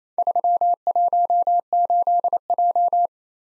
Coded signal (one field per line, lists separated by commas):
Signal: Morse code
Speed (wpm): 30 wpm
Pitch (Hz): 700 Hz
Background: none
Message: 318J